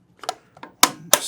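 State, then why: Seated. A magnetic cover plate is snapped onto a table's cable channel after the cable has been fished through on the other side. A few soft taps come first, then two sharp, bright clicks at 0.8 s and 1.1 s as the cover seats. The cover clicks firmly into place.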